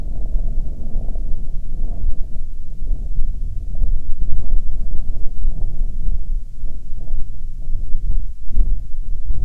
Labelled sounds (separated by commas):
wind